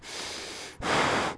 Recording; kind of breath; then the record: one breath in and out by a microphone near the nose and mouth; strong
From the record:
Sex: male